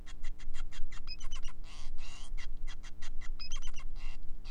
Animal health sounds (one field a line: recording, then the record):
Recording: song of a male Bengalese finch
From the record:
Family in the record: son of father 5